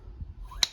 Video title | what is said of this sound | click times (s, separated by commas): Korbanth DV6 Lightsaber with NeoPixel & ProffieBoard 2.2 | in backwards turn until you hear that beautiful click and then you're good to screw all the way | 0.6 s